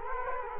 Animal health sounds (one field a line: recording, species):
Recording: mosquito wingbeat signal from an infrared sensor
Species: Culex quinquefasciatus